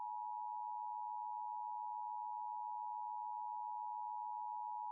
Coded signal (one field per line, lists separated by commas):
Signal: Emergency Alert System (SAME) tones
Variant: 853 and 960 Hz attention tone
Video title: LIVE AM/MW DX: DX Central Live - S. 4, Ep. 8 | Friday, March 1, 2024